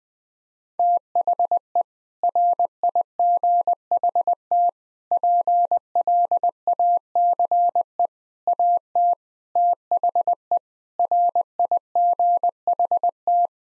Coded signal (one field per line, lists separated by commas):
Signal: Morse code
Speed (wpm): 21 wpm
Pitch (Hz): 700 Hz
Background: none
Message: THE RIGHT PLACE AT THE RIGHT